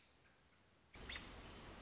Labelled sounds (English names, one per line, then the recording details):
American Robin
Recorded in Sonoma County, California